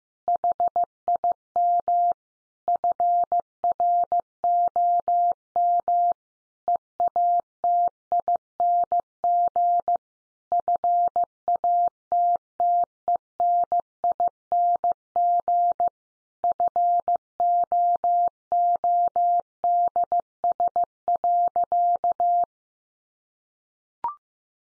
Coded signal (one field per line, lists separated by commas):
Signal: Morse code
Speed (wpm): 15 wpm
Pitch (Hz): 700 Hz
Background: none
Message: HIM FROM EATING FATTENING FOODS.